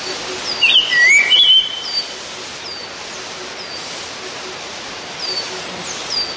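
Black-headed hawfinch giving a single quick phrase of clear whistled notes that dip and rise, over steady hiss with faint thin high notes later.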